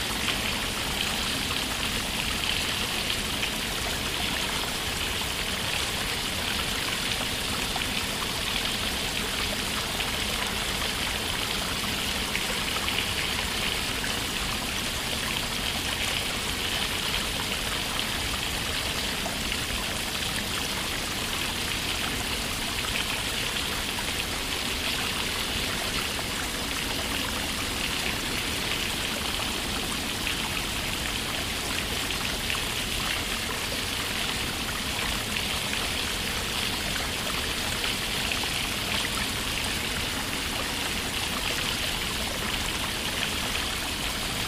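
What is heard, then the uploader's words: Water from an outdoor shower pours in a steady, dense hiss that holds unchanged from start to finish. The spray sounds bright, with a fine pattering texture like heavy rain, and no other sounds stand out. Outdoor Shower Water Sounds.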